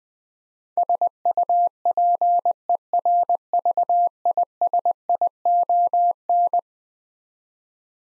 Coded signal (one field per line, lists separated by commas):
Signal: Morse code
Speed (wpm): 20 wpm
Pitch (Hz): 700 Hz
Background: none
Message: SUPERVISION